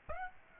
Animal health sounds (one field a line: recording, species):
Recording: mosquito wingbeat signal from an infrared sensor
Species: Aedes aegypti